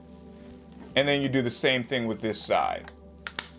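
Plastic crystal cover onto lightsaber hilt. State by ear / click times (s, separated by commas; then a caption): seated / 3.3 s, 3.4 s. A plastic crystal cover, lined up by its colour marks, is pressed onto the second side of a lightsaber hilt while someone talks. Two sharp clicks follow at 3.3 and 3.4 seconds as the cover snaps into place and seats.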